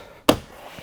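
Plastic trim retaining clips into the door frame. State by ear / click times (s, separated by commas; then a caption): seated / 0.3 s. A plastic window trim retaining clip on a BMW G20 3 Series, fitted with OEM Shadowline gloss black trim in place of the silver, is pressed back into the door frame once the trim is lined up. A single sharp snap is heard at 0.3 s, and after it only quiet background remains. The clip seats and the trim snaps back into place.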